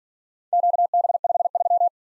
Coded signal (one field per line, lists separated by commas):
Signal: Morse code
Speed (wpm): 46 wpm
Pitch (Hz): 700 Hz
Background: none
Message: QB53